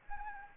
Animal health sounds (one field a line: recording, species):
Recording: mosquito wingbeat signal from an infrared sensor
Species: Anopheles arabiensis